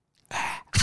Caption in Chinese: 我们家那个黑猫啊，因为它是哑巴嘛，它的嗓子有问题，它不会叫。 它天生就不会叫。 其实它是在叫，它没有声音。 它就光张嘴不出声光张嘴不出声。